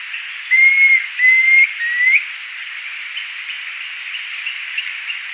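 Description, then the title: Planalto tyrannulet song of three clear whistled notes, the last rising, over a steady high hiss. "LuckyPassaro Completos2Sama. Planalto Tyrannulet (Phyllomyias fasciatus)"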